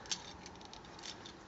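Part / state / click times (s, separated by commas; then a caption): plastic figure section into the toy's body / not seated / none. During transformation of a Transformers Generations Skids action figure, the plastic front section is flipped down and pushed into the toy's body. Only small rattling plastic taps are heard, with no distinct click. Nothing has clicked or locked; the section sits securely in place without locking.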